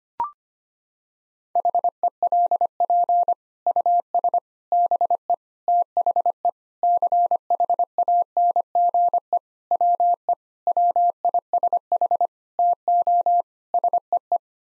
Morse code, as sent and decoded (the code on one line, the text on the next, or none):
.... . .-.. .--. / ..- ... / -... . / - .... . / -.-. .... .- -. --. . / .-- . / .-- .. ... .... / - --- / ... . .
HELP US BE THE CHANGE WE WISH TO SEE